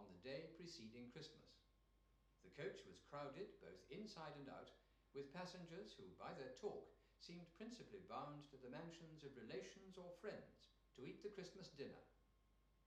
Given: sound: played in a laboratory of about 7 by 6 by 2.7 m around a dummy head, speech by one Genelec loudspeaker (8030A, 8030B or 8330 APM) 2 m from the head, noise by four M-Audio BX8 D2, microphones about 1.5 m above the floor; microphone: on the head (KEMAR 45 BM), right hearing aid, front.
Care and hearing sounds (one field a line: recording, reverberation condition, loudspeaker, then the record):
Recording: male speech in English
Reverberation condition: medium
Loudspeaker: 120 degrees to the right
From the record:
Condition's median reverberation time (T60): about 510 ms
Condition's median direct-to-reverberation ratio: about -0.5 dB